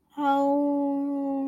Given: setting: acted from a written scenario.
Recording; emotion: vocal sound without words; ecstasy